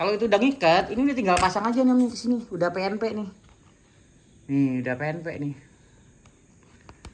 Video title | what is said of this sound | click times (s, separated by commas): Pasang saklar dimmer pnp suzuki burgman street 125 & address biar bisa piw2 | Nah itu udah diceklik, udah kepasang begini, | 6.9 s, 7.0 s